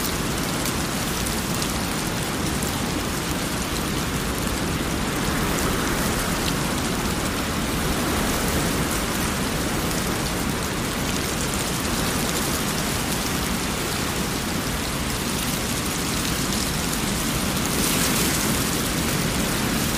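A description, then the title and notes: Steady, dense rain falls throughout, a constant hiss of countless drops with no pauses or build-ups. The sound is full, spread from a low rumble up to a bright sizzle, with only slight swells in intensity. Raindrops Sounds For Sleeping Or Studying - White Noise.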